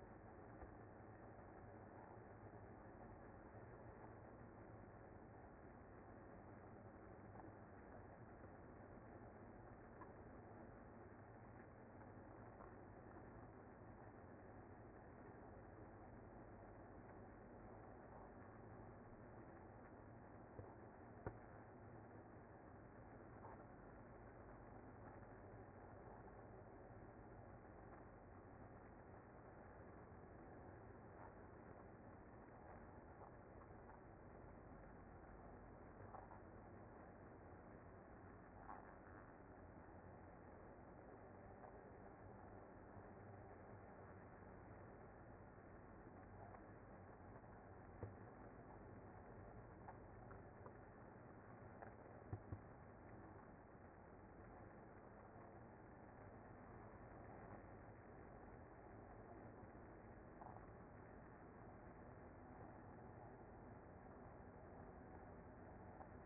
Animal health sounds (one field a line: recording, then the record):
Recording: honeybee colony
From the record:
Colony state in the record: active